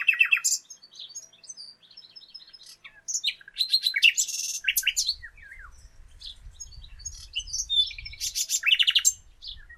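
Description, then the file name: Common nightingale song: varied phrases of sharp chirps, buzzy bursts and rapid trills separated by short pauses, with a low rumbling noise in the second half. "Luscinia megarhynchos"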